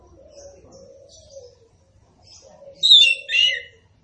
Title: Anis Kembang Gacor. Anis Kembang Punglor Kembang Ngeplong